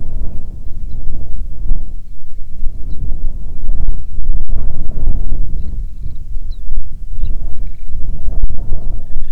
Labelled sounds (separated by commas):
bird, wind